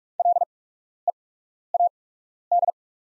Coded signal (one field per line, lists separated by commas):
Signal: Morse code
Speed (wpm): 44 wpm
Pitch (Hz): 700 Hz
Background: none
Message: LEAD